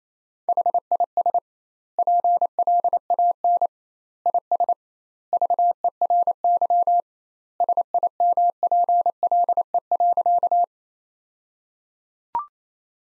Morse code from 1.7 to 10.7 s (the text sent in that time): PLAN IS VERY SIMPLE.